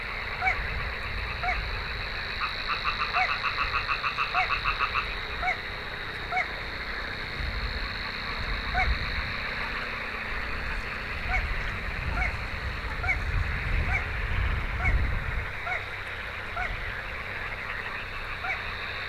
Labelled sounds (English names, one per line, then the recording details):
Little Crake
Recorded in the wild
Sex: male
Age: adult
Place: Kützerhof, Kummerower See, Mecklenburg-Vorpommern, DE
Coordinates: 53.8561, 12.8647
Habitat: wetland
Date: 2010-06-06 23:33
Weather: clear, 15°C, weak northerly winds
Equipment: Sound Devices 702, Sennheiser MKH 70, Rycote Windschutz
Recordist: Frommolt, Karl-Heinz